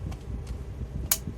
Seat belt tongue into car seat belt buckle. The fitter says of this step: Rus kancingkan sampai berbunyi klik oke